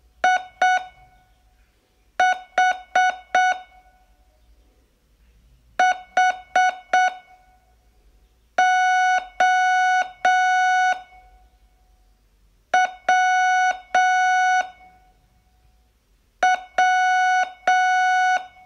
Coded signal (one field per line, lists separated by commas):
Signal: Morse code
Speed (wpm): 6 wpm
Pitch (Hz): 740 Hz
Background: none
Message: I H H O W W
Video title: Learn Morse in 42 Days from VU2LAU - day12